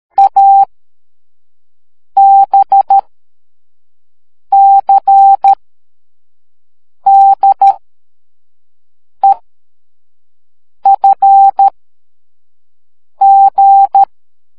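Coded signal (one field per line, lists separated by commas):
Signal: Morse code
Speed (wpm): 13 wpm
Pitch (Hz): 790 Hz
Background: none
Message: A B C D E F G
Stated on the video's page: Morse code made as a learning aid for studying Morse.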